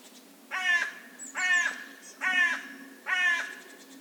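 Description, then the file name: Carrion crow calling with four loud, raspy caws spaced about one second apart, with a faint thin chirp from another bird in between. "Corvus corone"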